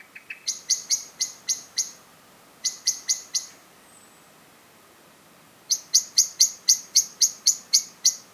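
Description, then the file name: Common blackbird chinking in series of hard, metallic notes, with a quiet gap of about two seconds midway before a longer run. "Turdus merula"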